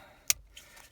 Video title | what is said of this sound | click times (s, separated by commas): Ford Focus cluster removal, refurb + refit Immo fault, no crank, no start guide how to repair U1900 | you hear it click onto there | 0.3 s